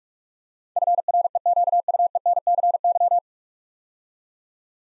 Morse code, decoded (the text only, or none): FREQUENCY